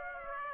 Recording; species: mosquito wingbeat signal from an infrared sensor; Aedes aegypti